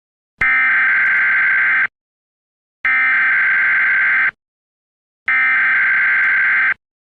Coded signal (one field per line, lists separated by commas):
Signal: Emergency Alert System (SAME) tones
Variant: header bursts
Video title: The Purge EAS mock but edited.